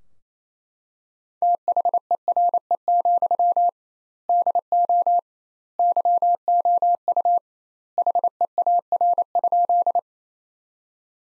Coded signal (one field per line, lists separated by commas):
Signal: Morse code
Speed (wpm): 28 wpm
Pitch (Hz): 700 Hz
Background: none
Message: THERE, DO YOU HEAR?